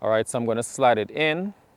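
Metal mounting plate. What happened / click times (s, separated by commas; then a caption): Handled, not yet home: no seating click; the mounting plate has not locked in / none. A camera quick-release plate is being handled for a DJI Ronin SC gimbal, about to be slid into the gimbal's mounting clamp until the safety lock catches, while someone talks throughout. Nothing has seated or clicked yet; the clip ends just before the plate goes home.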